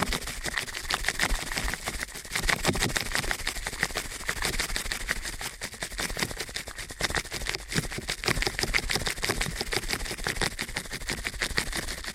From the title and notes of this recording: ASMR Ear Cleaning at Helicopter Speed.